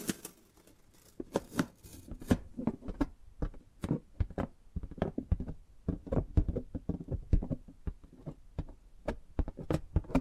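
Tapping and gripping sounds come as quick, irregular clicks and scrapes, dense throughout after a brief quiet start, with sharp bright taps scattered among softer rubbing.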